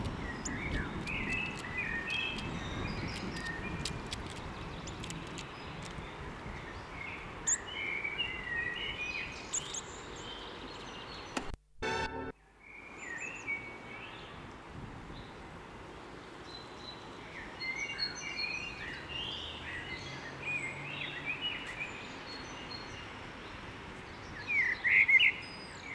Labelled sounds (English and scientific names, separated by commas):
Common Blackbird (Turdus merula) song